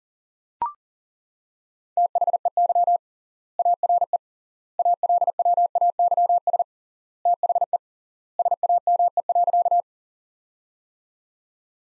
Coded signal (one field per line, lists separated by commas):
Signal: Morse code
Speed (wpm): 40 wpm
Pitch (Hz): 700 Hz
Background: none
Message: THEY ARE ALWAYS THE SAME.